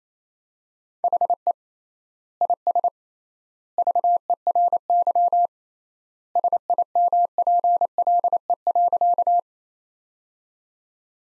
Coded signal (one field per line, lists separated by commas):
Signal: Morse code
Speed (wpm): 27 wpm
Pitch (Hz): 700 Hz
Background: none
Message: HE IS VERY SIMPLE.